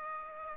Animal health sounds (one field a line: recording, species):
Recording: mosquito wingbeat signal from an infrared sensor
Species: Aedes aegypti